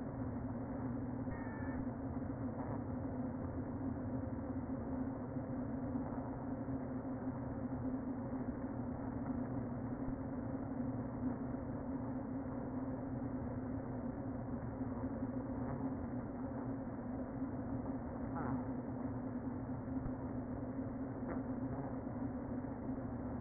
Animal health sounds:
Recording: honeybee colony, microphone inside the hive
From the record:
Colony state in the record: queen present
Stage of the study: before two queens were removed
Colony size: about 60,000 bees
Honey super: yes

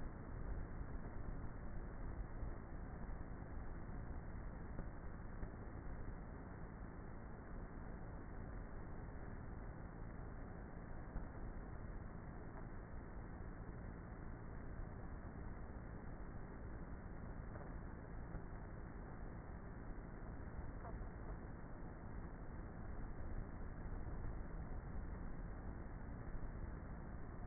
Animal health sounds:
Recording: honeybee colony, microphone inside the hive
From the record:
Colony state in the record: queenless with a low population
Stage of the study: before two queens were removed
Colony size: about 30,000 bees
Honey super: no

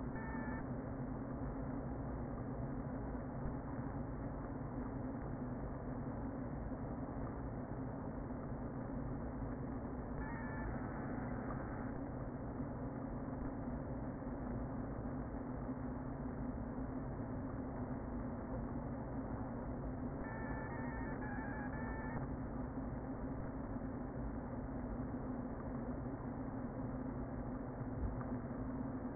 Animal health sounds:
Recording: honeybee colony, microphone inside the hive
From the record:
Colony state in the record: queen present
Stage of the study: before two queens were removed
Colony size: about 60,000 bees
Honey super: yes

